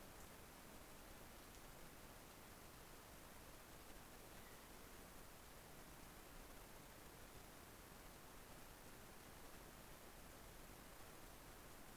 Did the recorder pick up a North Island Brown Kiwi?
no